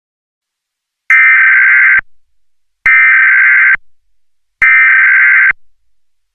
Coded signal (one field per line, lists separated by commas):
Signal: Emergency Alert System (SAME) tones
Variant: header bursts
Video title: EAS Mock: VistaLink's first ever NPT (2011)